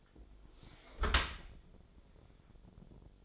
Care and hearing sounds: daily activity, microphone in the room; close dishwasher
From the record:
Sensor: 5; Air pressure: 1006.8 hPa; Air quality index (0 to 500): 183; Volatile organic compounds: 5 ppm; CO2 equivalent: 1745 ppm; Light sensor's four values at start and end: 52/147/57/57 and 52/145/57/57

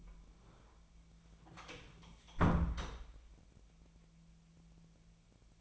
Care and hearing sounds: daily activity, microphone in the room; close door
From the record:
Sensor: 1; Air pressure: 1000.4 hPa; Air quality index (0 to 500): 182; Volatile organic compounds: 4 ppm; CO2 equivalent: 1674 ppm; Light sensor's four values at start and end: 12/29/12/14 and 12/28/12/14

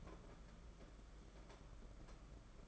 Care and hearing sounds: daily activity, microphone in the room; take from stove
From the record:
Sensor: 5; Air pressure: 992.1 hPa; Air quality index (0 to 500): 209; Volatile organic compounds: 1000 ppm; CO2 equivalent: 6064 ppm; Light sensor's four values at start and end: 7/17/7/8 and 7/17/7/8

